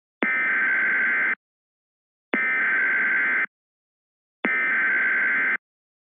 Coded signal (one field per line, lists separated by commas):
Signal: Emergency Alert System (SAME) tones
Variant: header bursts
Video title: EAS Scenario 8: Volcanic Nightmare Remastered